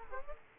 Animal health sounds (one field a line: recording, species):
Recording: mosquito wingbeat signal from an infrared sensor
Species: Aedes aegypti